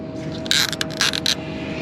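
A plastic nozzle body on a sprayer boom is turned by hand and clicks into position, seating with sharp clicks at 0.5 s and 0.8 s. More plastic clicks and rattles follow at about 1.0, 1.2 and 1.3 s over a steady low hum.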